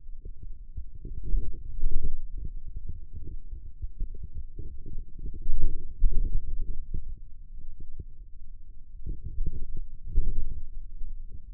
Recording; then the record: forearm muscle sounds (acoustic myography)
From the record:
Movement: radial deviation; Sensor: system 2, bracelet of six BSWA MPA416 microphones around the upper forearm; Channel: 6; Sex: male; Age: 22 years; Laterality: right